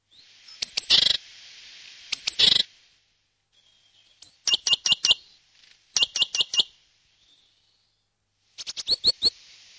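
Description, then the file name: Great tit harsh churring calls, buzzy rattling bursts in groups of several, separated by pauses. "koolmees"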